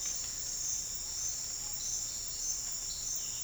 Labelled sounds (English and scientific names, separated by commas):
none